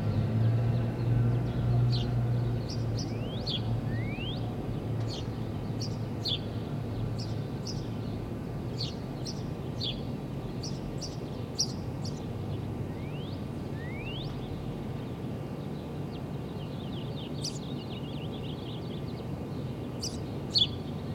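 A rooftop in Bushwick, Brooklyn, with a steady low rumble of city traffic filling the background. Birds chirp and tweet high above it throughout, in short bright bursts every second or two, with a few quick rising whistles.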